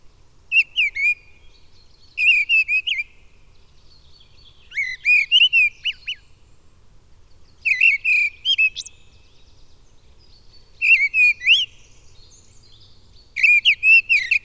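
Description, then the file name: Mistle thrush with a series of six whistled, warbling phrases separated by pauses of about one to two seconds; no other sounds stand out. "Mistle Thrush (Turdus viscivorus)"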